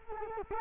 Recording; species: mosquito wingbeat signal from an infrared sensor; Culex quinquefasciatus